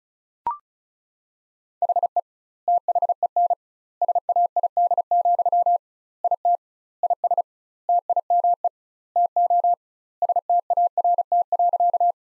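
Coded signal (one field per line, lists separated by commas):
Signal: Morse code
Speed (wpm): 34 wpm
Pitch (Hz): 700 Hz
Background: none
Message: HE THEN SAID, IT IS TIME TO START.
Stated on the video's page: Morse practice sentences built from the top 300 words at 35 wpm, with twice the standard word spacing.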